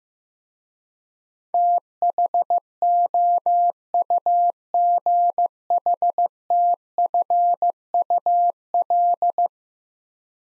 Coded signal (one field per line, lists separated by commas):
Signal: Morse code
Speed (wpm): 16 wpm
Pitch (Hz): 700 Hz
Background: none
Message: THOUGHTFUL